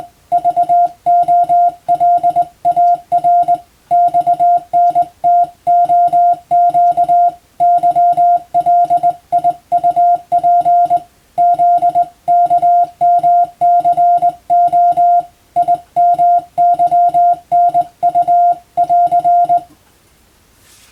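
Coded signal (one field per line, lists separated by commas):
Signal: Morse code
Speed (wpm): 20 wpm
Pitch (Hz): 700 Hz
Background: music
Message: VOLAR XNTOQ YLIUP ZKMCO IMYNU <AR>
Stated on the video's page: Morse sent by a first-class radiotelegraph operator as training for the national radiotelegraph exam, using European-language telegram practice texts.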